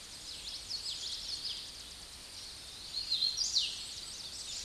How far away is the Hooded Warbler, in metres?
about 20 m